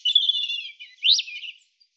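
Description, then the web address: European robin song: two high, thin warbled phrases, the first a wavering sustained trill that drops away, the second opening with a sharp rising note and tumbling down. "cianscape birddata Deverinetal 2025 Bird Er Ru"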